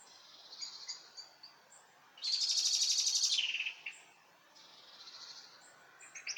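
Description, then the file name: Eurasian wren song: a brief, intense high trill of rapid repeated notes lasting about a second and a half, amid faint high chirps and background hiss. "Troglodytes troglodytes"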